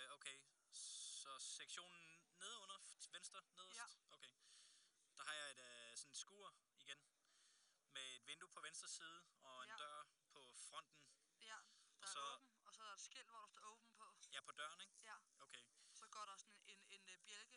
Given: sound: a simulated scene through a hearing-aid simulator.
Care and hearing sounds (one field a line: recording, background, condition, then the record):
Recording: conversation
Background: quiet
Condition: 65 dB SPL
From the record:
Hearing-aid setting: IV (slow-acting compression, loudness normalization)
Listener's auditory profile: C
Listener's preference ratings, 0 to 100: 79, 100, 100